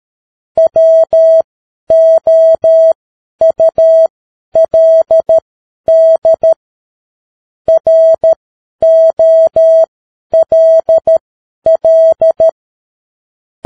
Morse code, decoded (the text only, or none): WOULD ROLL